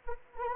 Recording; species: mosquito wingbeat signal from an infrared sensor; Anopheles arabiensis